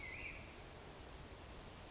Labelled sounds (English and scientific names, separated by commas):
Black-headed Grosbeak (Pheucticus melanocephalus)